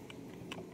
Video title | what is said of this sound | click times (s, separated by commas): Sniper 155 refresh engine head works palit cylinder block | Yun, okay na. Nag-lock na siya. | 0.5 s